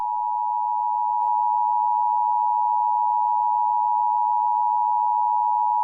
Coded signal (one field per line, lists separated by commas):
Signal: Emergency Alert System (SAME) tones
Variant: 853 and 960 Hz attention tone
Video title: EAS Mock: Carbon Hill Catastrophe